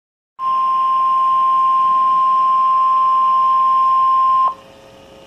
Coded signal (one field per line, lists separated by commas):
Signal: Emergency Alert System (SAME) tones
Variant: 1050 Hz attention tone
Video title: Dallas-Fort Worth Severe Thunderstorm Warning EAS #13